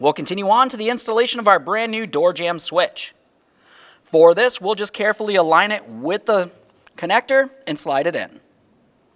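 Someone talks while a new door jamb switch for a 1994–2002 Dodge Ram 2500 is lined up with its wiring harness connector and slid toward it. Only speech is heard, and the connector has not clicked or seated yet.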